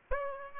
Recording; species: mosquito wingbeat signal from an infrared sensor; Aedes aegypti